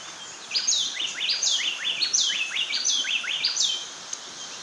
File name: Bay Wren Cantorchilus nigricapillus